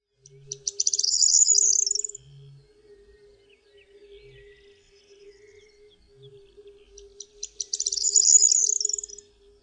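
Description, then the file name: Corn bunting singing twice, each a high, rapid, jingling rattle of about two seconds, separated by a long pause. A steady low hum and a few soft low thuds run beneath. "POTRZESZCZ"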